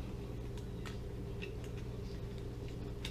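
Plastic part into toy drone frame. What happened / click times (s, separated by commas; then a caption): Small plastic part handled, not yet snapped home / none. A small plastic part of a toy drift drone is handled and pressed toward its plastic frame over a steady low hum, with a few short, sharp plastic ticks near 0.9 s, 1.4 s and 3.1 s. Nothing has seated or clicked into place yet.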